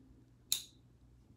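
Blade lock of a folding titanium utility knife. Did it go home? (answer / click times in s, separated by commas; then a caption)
yes / 0.5 s. The blade lock of a Spectrum Energetics Utilizer 2.0 folding titanium utility knife engages as the knife is opened, locking the blade so it cannot close on the user. A single sharp metallic click at 0.5 s rises out of a faint low background hum, bright in the high frequencies, and decays within about a quarter second. The lock seats.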